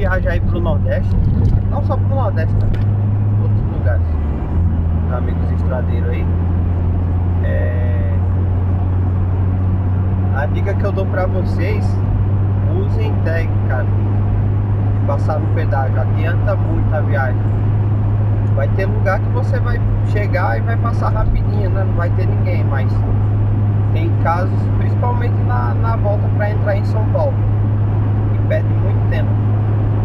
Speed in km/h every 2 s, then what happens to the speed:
89, 95, 100, 103, 107, 113, 115, 117, 119, 119, 119, 118, 119, 119, 121.
0-10 speeds up to 113. 10-30 steady at about 119.